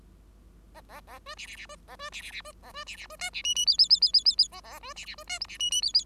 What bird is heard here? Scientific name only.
Lonchura striata domestica